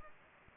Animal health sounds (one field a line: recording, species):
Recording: mosquito wingbeat signal from an infrared sensor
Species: Anopheles gambiae